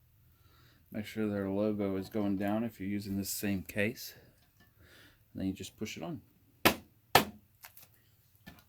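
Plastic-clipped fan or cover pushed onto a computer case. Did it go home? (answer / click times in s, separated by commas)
yes / 6.7 s, 7.1 s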